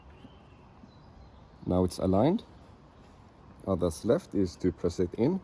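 A new rear wiper blade is lined up on the rear wiper arm mount of a Volvo (XC60, XC40, XC90, V60 or V90) before being pressed in. Someone talks in two bursts over a quiet, steady background. Nothing has seated or clicked yet.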